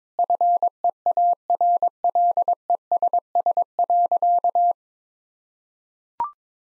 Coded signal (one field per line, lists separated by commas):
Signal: Morse code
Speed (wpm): 22 wpm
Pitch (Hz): 700 Hz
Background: none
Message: FEARLESS.